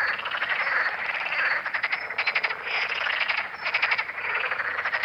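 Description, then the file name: Green frogs croaking together, a continuous chorus broken by distinct rattling pulse trains. "Grenouille verte"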